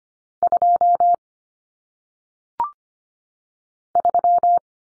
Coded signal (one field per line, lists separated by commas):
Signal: Morse code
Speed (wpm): 25 wpm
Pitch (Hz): 700 Hz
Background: none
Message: 2 3